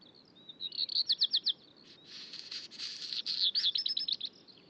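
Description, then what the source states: Black Redstart singing one full phrase: quick high repeated notes, a gritty crackling middle section, and a rapid twittering finish. Dawn chorus in high-mountain alpine pasture at Col du Granon, 2400 m, Hautes-Alpes above Briançon, France; 23 June 2018, about 4:45 am at daybreak, around 5 °C, very clear sky.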